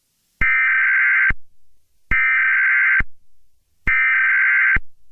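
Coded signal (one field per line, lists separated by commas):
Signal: Emergency Alert System (SAME) tones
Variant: header bursts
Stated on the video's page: Fictional EAS scenario about a Herobrine attack.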